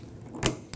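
The second fuel line quick-connect is lined up and pushed onto the fuel pump module fitting of a 2008-2011 Ford Focus 2.0L L4, and it seats with a sharp click at 0.5 s. The lock tab is then pressed down, which it only does once the connector is fully seated, and a brief quieter tick follows at 0.7 s. The connector is locked in.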